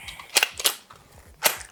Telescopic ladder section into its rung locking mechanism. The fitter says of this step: So, you can hear that the ladder is clicking into place with each little section there. That's how I know that the rungs are are locked into their little mechanisms.